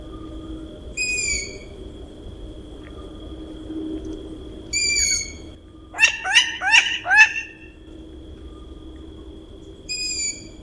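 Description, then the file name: Long-eared owl calls: thin squeaky screeches recurring every few seconds, interrupted midway by a quick burst of four or five harsher, barking chatter notes, with a steady high tone throughout. Chicks and a female calling at the nest. "Ushastaya sova - Krik ptencov i samki u gnezda"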